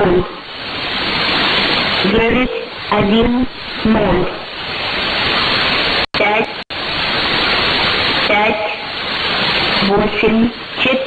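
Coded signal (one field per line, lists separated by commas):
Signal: numbers station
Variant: S06s, Russian female voice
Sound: a woman's voice reading short words in Russian through loud hissing static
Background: heavy radio static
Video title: 12 02 2019 S06s Russian Lady numbers station in Russian to Eu 0715 on 6320 unknown tx site USB+AM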